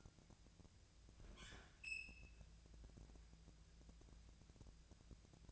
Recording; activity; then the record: daily activity, microphone in the room; open fridge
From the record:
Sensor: 2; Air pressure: 999.9 hPa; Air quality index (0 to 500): 122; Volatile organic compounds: 2 ppm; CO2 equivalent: 1046 ppm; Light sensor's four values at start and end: 33/82/35/39 and 33/82/35/39